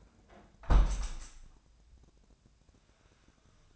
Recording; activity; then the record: daily activity, microphone in the room; close window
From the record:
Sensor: 2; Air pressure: 1012.2 hPa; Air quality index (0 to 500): 132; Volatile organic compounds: 1 ppm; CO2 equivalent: 973 ppm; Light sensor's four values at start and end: 177/425/179/187 and 178/430/180/189